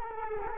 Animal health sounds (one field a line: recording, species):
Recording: mosquito wingbeat signal from an infrared sensor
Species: Culex quinquefasciatus